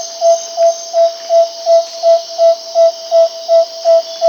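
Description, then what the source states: Tawny-bellied screech owl trill, a steady run of low hooting pulses, about three per second, evenly spaced throughout, with a constant high hiss behind. In South America.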